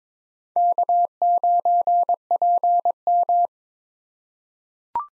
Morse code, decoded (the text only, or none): K9PM